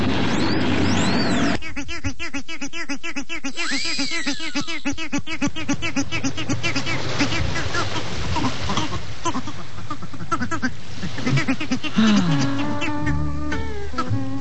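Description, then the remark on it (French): Turkeys kept on a beach gobble in loud, rapid, rattling bursts, several calls overlapping and repeating throughout, with warbling, bubbling trills that rise and fall over a steady background, in the TV show Le Monde de Monsieur Fred. “Il vous emmerde pas, mes dindons?”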